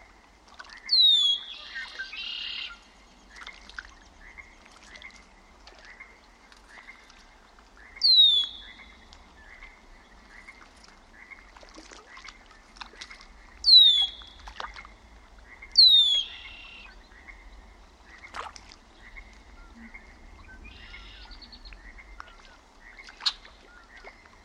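A quiet mountain lake in spring, with a bird repeating a bright, sweeping song phrase about every six seconds. Steady soft chirps from smaller birds or insects tick along underneath, with a few faint clicks and splashes near the water.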